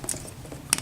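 A plastic toy gun slides into a toy robot's hand as the thumb is lifted, with light plastic ticks and rattles. A sharp snap at 0.7 s marks the gun seating firmly in the hand, where it fits together well.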